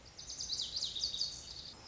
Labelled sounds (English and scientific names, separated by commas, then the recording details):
Lazuli Bunting (Passerina amoena)
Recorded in Sonoma County, California